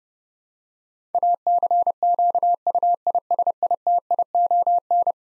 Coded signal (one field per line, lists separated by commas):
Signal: Morse code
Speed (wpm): 29 wpm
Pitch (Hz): 700 Hz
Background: none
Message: ACQUISITION